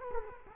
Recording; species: mosquito wingbeat signal from an infrared sensor; Culex quinquefasciatus